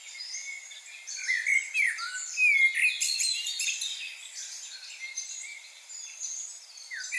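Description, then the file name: Common blackbird song, rich whistled notes with a clear upslur and downslur, mixed into a dense chorus of high chirps and twitters. "Turdus merula"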